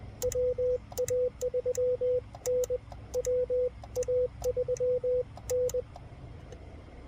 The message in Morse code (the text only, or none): WA3N WA3N